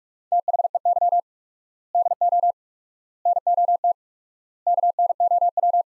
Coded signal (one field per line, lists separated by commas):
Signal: Morse code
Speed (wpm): 46 wpm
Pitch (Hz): 700 Hz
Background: none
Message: THEY DO NOT KNOW